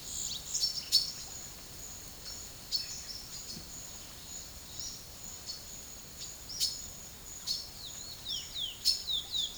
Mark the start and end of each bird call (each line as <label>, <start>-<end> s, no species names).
bird call, 0.00-1.19 s
bird call, 2.57-3.27 s
bird call, 4.69-5.08 s
bird call, 6.44-6.73 s
bird call, 7.38-9.58 s